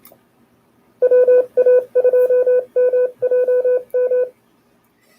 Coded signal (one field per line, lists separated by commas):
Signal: Morse code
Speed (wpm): 27 wpm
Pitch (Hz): 500 Hz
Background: none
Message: WA2MJM